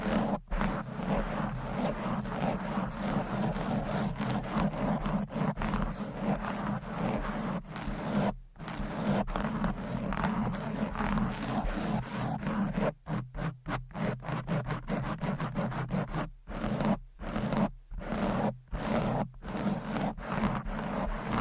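Fast, aggressive scratching of fingernails on microphone covers, a dense, rough rasping that fills the whole range from low rumble to bright hiss. The sound stays loud and busy throughout, broken by brief silent gaps around eight seconds and more often after thirteen seconds.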